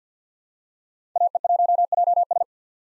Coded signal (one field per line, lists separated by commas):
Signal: Morse code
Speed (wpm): 50 wpm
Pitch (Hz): 700 Hz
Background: none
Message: AE1JS